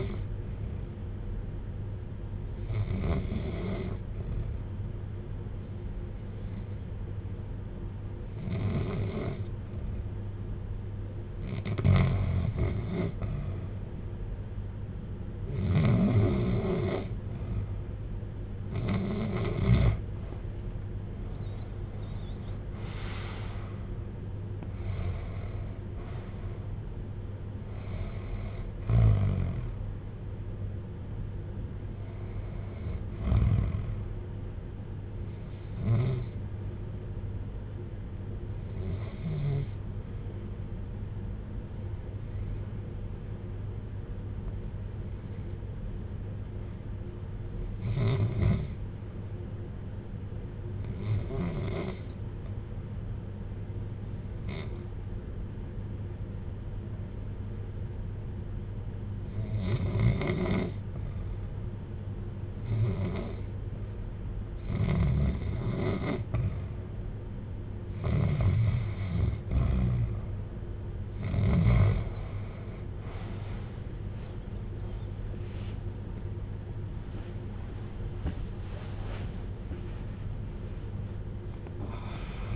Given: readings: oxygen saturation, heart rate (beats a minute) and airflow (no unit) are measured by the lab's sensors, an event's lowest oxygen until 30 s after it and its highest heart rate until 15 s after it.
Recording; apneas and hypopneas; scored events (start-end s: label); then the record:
breathing in sleep by a smartphone at the bedside; 1
40.00-71.60 s: hypopnea (REM, oxygen 97% highest, then 84% lowest, heart rate 64 at the start, 91 highest)
From the record:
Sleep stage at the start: REM sleep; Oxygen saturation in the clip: 82 to 97%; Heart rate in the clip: 56 to 90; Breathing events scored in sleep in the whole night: 310 in 8.1 hours asleep